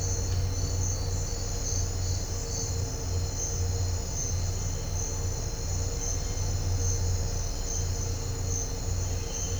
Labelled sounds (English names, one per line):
none